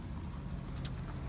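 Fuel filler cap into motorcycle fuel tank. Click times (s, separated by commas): 0.9 s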